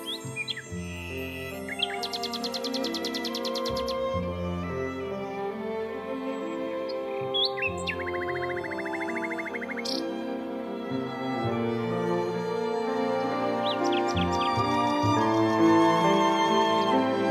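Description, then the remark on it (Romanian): A nightingale sings a varied song of bright whistles, rapid buzzing trills and short chirps, heard over a steady bed of soft, sustained instrumental music. “Voi încerca să cânt mai frumos decât oricând, pentru că ești împăratul și nu vreau să-ți înșel așteptarea.”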